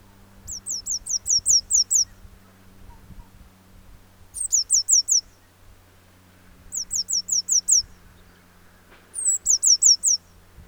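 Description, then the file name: Eurasian blue tit calling in runs of high, thin, descending notes, up to eight per run, one opened by a long whistle, over a low steady hum. "Cyanistes caeruleus"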